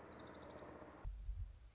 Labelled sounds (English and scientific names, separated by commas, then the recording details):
Orange-crowned Warbler (Leiothlypis celata)
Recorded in Sonoma County, California